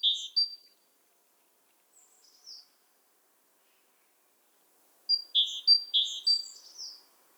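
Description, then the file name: Great tit calls: short high chirpy notes in a brief burst, a few soft notes after a pause, then a longer rapid run of several bright notes. "Parus major"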